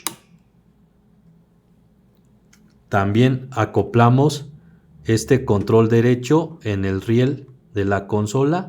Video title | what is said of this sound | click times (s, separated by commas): NINTENDO SWITCH OLED - Unboxing en Español | it this way by sliding down until we hear a click. | 0.1 s